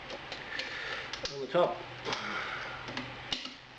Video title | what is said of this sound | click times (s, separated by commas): Brewzilla 101. A walk through brew day... what you need to know. | fits in it locks in place | 3.0 s, 3.3 s